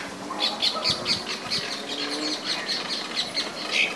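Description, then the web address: Bird repeating high sharp notes, with softer chirps between them. "os passaros"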